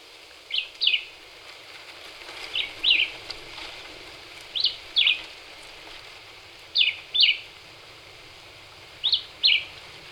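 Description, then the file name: Black-whiskered vireo repeating two-note chirped phrases about every two seconds, five phrases over a light background hiss. Recorded 26 April 2019. "2019-04-26 Black-whiskered Vireo"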